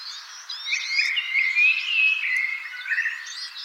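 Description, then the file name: Common blackbird giving drawn-out whistled notes that slide slightly in pitch, among a busy chorus of thin chirps from other birds. "Turdus merula"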